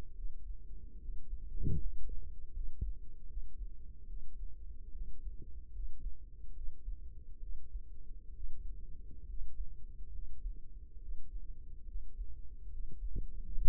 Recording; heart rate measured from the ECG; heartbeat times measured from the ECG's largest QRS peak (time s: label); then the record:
heart sounds by microphone in the right ear; 72 bpm
0.14 s: heartbeat
0.98 s: heartbeat
1.77 s: heartbeat
2.52 s: heartbeat
3.26 s: heartbeat
4.06 s: heartbeat
4.90 s: heartbeat
5.71 s: heartbeat
6.52 s: heartbeat
7.39 s: heartbeat
8.33 s: heartbeat
9.25 s: heartbeat
10.10 s: heartbeat
10.98 s: heartbeat
11.84 s: heartbeat
12.68 s: heartbeat
13.48 s: heartbeat
From the record:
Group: healthy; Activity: rest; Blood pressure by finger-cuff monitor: 167/106 mmHg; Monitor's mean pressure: 122 mmHg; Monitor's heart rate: 70 bpm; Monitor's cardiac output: 5.1 L/min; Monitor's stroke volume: 72 mL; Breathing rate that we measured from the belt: 16 breaths a minute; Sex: male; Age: 35 years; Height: 178 cm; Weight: 64 kg